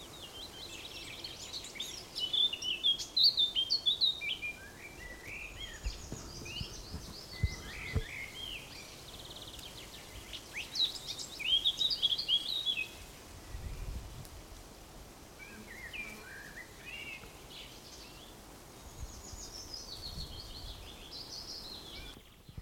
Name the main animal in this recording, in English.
Eurasian Blackcap